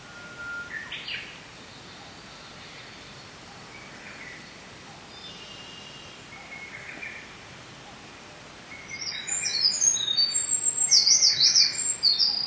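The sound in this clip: Wren song bursts out near the end as a rapid, very high trilling phrase after a long stretch of quiet hiss with only faint, scattered chirps.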